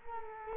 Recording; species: mosquito wingbeat signal from an infrared sensor; Culex quinquefasciatus